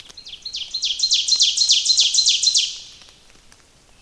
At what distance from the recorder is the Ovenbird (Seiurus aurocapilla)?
about 15 m